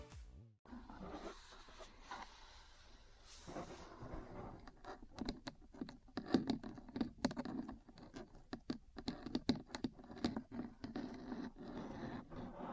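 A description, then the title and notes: Metal parts scrape and grind roughly for the first few seconds, a rasping, uneven texture. From about four seconds on, sharp metallic taps take over, coming quickly and irregularly, densest in the middle, over a low, steady rumble. ASMR 3Dio Metal Parts Tapping & Scratching for Sleep and Relaxation (No Talking).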